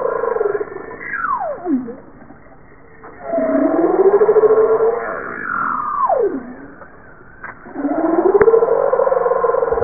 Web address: bowhead